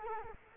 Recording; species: mosquito wingbeat signal from an infrared sensor; Culex quinquefasciatus